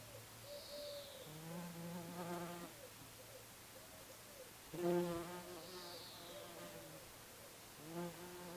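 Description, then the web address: Bees buzzing in passes, the hum swelling and fading several times, wavering in pitch as insects move about, with a louder burst near the middle over background hiss. Recorded at Clacton in June 2010 as part of street recordings made while travelling. "travelogue 2010 street recordings transit june AK to Clacton bees"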